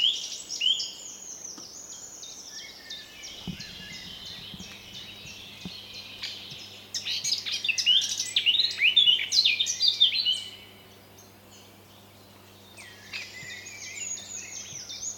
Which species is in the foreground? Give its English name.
Common Firecrest